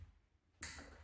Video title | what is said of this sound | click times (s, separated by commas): 7,000 Screws Later: Is DeWalt’s Collated Screw Gun Worth It? | You can hear the click. | 0.6 s